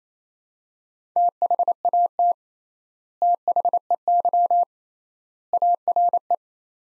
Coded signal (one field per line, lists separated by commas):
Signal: Morse code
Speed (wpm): 28 wpm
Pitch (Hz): 700 Hz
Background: none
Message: THAT THEY ARE